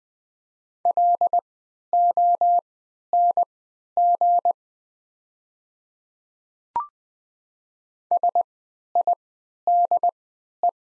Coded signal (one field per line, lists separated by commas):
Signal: Morse code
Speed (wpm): 20 wpm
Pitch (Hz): 700 Hz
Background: none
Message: LONG SIDE